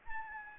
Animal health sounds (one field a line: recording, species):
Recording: mosquito wingbeat signal from an infrared sensor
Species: Anopheles gambiae